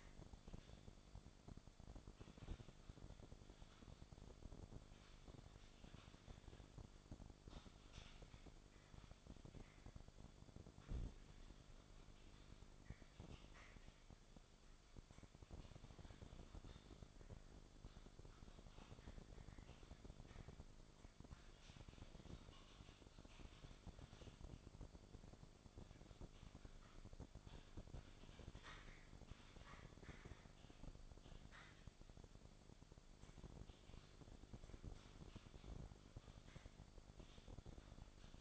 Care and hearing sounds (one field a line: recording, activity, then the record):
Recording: daily activity, microphone in the room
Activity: typing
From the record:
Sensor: 5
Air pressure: 1004.6 hPa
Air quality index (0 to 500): 168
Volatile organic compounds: 4 ppm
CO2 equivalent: 1578 ppm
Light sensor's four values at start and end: 18/43/17/16 and 18/43/17/16